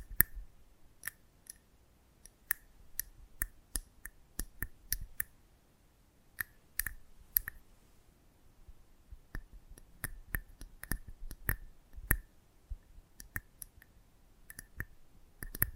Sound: ASMR Close Up Mic Treatment